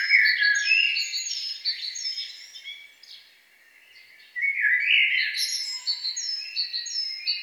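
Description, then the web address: Songbird song: busy whistled and warbling phrases, a short lull in the middle, then a burst of rising notes and repeated high whistles. "best service Blue Box birds songbird"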